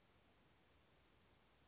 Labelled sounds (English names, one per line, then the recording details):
Western Flycatcher
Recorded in Sonoma County, California